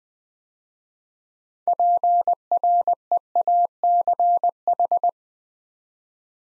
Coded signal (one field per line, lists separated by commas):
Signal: Morse code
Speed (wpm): 20 wpm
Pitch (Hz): 700 Hz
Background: none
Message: PREACH